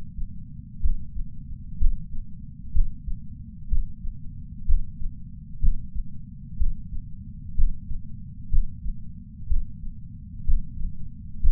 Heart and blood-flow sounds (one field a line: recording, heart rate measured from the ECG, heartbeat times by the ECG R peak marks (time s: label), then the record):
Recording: heart sounds by patch sensor on the chest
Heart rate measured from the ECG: 62 bpm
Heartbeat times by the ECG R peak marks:
0.83 s: heartbeat
1.80 s: heartbeat
2.74 s: heartbeat
3.70 s: heartbeat
4.67 s: heartbeat
5.61 s: heartbeat
6.59 s: heartbeat
7.57 s: heartbeat
8.51 s: heartbeat
9.49 s: heartbeat
10.46 s: heartbeat
11.42 s: heartbeat
From the record:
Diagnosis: coronary artery disease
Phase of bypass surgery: preoperative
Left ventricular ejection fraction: 60.1%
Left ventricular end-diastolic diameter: 44 mm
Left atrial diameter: 31 mm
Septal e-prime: 6.8 cm/s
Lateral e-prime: 9.8 cm/s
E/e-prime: 5.9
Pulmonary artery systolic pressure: 20 mmHg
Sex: male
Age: 60 years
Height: 167 cm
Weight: 58 kg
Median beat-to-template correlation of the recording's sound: 0.95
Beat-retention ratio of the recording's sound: 0.99